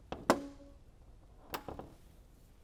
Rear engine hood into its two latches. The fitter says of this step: just kind of gently lean until you hear a click